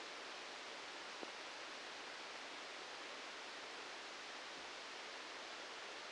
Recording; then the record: brain microelectrode recording played as sound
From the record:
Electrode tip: outside the subthalamic nucleus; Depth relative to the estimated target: -6 mm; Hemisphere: right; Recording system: NeuroSet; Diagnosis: Parkinson's disease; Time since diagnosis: 13 years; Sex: male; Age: 65 years